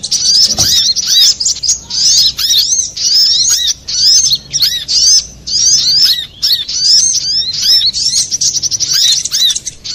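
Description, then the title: Little spiderhunter song: bursts of rapid, high, squeaky chirping lasting a second or two, separated by short gaps, with a soft thump near the start. Master recording used to train cage birds. "Masteran Burung Sogok Ontong Labaik"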